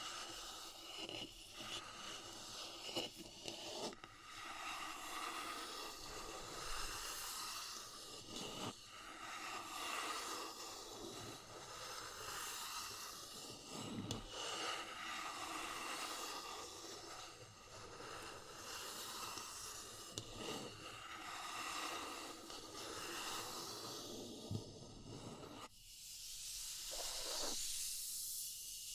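Wood, bamboo and straw are handled in a steady, dense crinkling rustle with occasional sharp taps, ending in a bright hissing swish.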